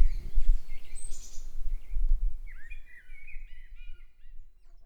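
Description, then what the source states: Blackbird song: a mellow, fluting phrase that breaks into higher twittering notes, with a thin high chirp earlier and low rumbling noise. Recorded at Grimsvik on 26 March 2016.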